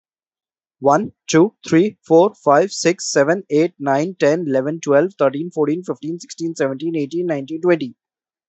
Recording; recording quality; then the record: counting at a fast pace; excellent, no background noise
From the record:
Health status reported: healthy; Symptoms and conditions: none ticked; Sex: male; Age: 37 years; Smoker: not ticked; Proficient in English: yes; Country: India